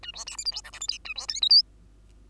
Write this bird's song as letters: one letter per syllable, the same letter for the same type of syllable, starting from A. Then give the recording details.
A B C D E F G H I J A B K L M. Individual Bird2